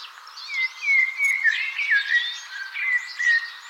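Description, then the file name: Common blackbird in a string of slurred, fluty whistles repeated several times in under four seconds, with higher twittering notes. "Turdus merula"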